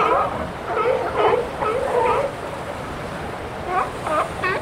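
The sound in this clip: Seal calls, a series of short harmonic yelps and barks, some rising and falling, over a steady hiss of background noise.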